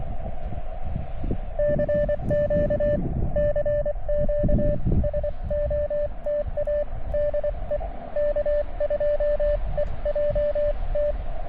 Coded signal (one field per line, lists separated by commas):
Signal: Morse code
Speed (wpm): 24 wpm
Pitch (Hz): 590 Hz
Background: radio noise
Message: CQ CQ SOTA DE K2EJT